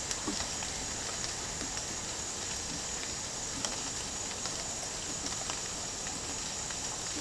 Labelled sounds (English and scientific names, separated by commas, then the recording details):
none
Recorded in dense forest near Puerto Asís, Putumayo, Colombia, on 12 March 2025 at 10:00
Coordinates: 0.467, -76.328
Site G041